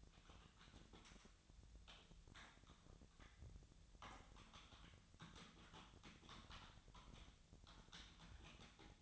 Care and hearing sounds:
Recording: daily activity, microphone in the room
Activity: typing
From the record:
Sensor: 3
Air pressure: 1009.4 hPa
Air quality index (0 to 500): 196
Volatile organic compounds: 16 ppm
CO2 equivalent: 2552 ppm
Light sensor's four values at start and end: 36/89/38/41 and 35/88/37/40

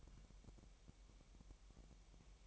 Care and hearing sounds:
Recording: daily activity, microphone in the room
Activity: take from stove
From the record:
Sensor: 1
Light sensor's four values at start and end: 5/12/5/6 and 5/12/5/6

